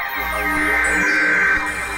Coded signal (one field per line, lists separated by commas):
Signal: Emergency Alert System (SAME) tones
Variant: header bursts